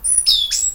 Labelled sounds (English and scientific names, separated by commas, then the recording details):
Stitchbird (Notiomystis cincta) song
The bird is a male
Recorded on Tiritiri Matangi Island, New Zealand, in 2005
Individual 12, of nest box 16